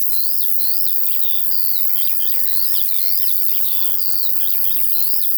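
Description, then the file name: Crickets: steady high trilling continues throughout, with repeated rising-and-falling whistled lark phrases. Field ambience with crickets and larks. "Sounds from a Field Larks and Crickets"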